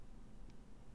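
A key turns the screw of a delidding tool holding a CPU, and it resists slightly until the glued metal heatspreader breaks free with a short, sharp crack at 0.5 s. The crack stands out against a low, steady background noise, and the heatspreader is released.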